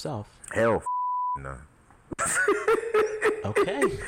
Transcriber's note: laughter